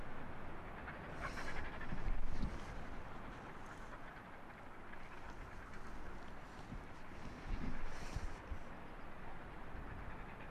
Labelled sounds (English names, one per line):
Arctic Fox